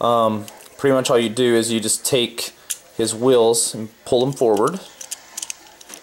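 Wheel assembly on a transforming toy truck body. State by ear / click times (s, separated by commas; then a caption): seated / 5.5 s. Someone talks while pulling the plastic wheels of a Transformers Generation 1 Brawn transforming robot toy forward on its truck body during transformation. Several sharp plastic ticks follow, and the wheels lock into place at about 5.5 seconds.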